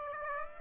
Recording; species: mosquito wingbeat signal from an infrared sensor; Aedes aegypti